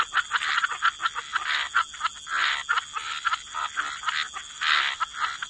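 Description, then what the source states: Frogs croaking together in soft, overlapping raspy bursts, backed by a faint constant high tone. Frog chorus.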